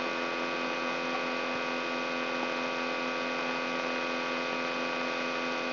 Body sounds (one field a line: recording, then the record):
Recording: brain microelectrode recording played as sound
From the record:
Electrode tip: inside the subthalamic nucleus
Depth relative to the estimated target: -1 mm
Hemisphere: left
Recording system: AlphaMap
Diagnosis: Parkinson's disease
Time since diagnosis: 17 years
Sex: male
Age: 64 years